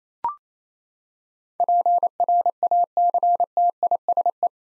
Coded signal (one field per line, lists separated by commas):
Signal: Morse code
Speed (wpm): 27 wpm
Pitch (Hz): 700 Hz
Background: none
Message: PRACTISE